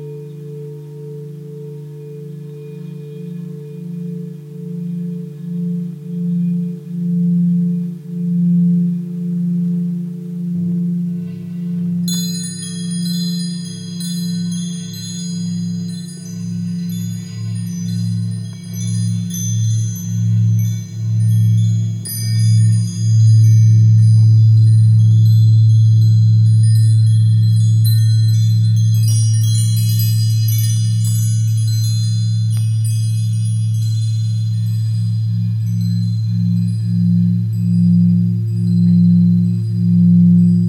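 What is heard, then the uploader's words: Tibetan singing bowls sustain a deep, pulsing hum with a slow regular wobble that runs throughout. Around ten seconds a lower bowl joins and the sound swells, then at twelve seconds bright, high chiming tones enter and shimmer over the drone to the end. Tibetan Singing Bowls.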